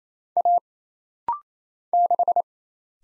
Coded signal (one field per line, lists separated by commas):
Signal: Morse code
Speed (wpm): 27 wpm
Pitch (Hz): 700 Hz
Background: none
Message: A 6